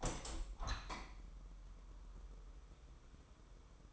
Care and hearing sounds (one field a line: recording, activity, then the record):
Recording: daily activity, microphone in the room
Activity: open window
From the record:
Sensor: 1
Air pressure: 1000.1 hPa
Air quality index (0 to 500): 237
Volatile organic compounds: 108 ppm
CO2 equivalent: 3806 ppm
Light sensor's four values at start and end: 10/25/10/11 and 11/27/11/12